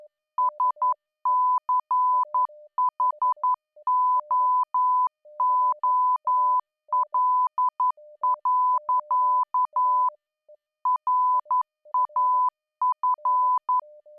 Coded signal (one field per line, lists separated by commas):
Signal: Morse code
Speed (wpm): 11 wpm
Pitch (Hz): 1000 Hz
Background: none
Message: SCHOOL. RAF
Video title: Improve Your Morse Code - Swaffham ATC Cold War Cadets